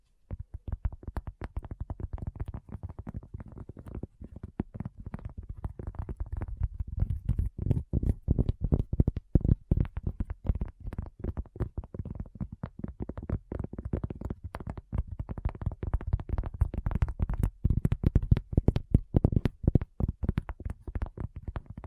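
Rapid tapping, dense and continuous for the whole stretch, with quick uneven strikes crowding together and barely a gap between them. The taps are soft and low, with a dull thumping body, and the loudness rises and falls in short bursts.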